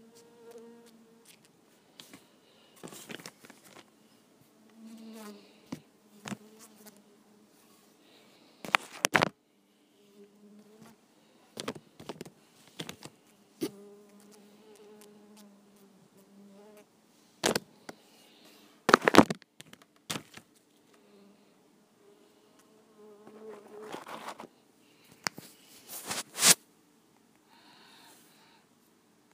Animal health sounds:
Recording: mosquito flight sound by mobile phone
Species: Culiseta incidens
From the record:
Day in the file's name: 2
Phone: iPhone 5

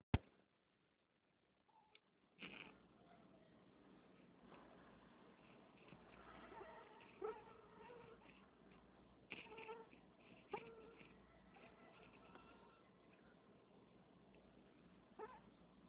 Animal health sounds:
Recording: mosquito flight sound by mobile phone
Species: Anopheles freeborni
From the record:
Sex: female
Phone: Nokia 6555B

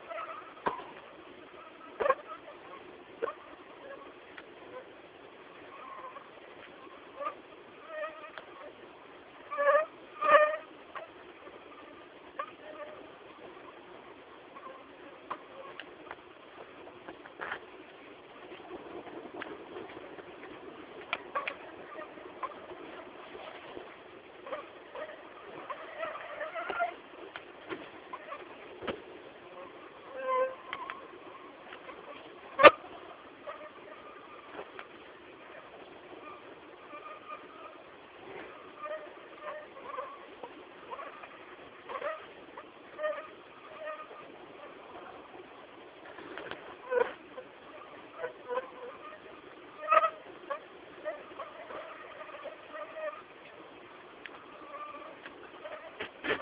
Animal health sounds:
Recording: mosquito flight sound by mobile phone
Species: Anopheles gambiae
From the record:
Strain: Akron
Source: CDC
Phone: Samsung T209

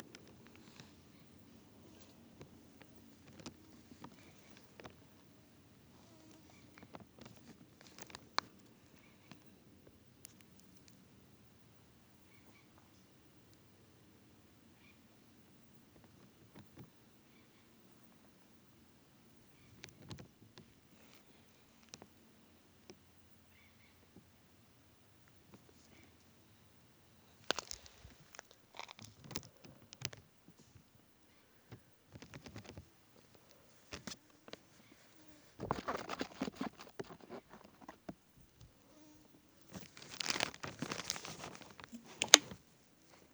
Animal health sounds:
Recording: mosquito flight sound by mobile phone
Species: Aedes sierrensis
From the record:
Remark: in a plastic bag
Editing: field recording with all noises

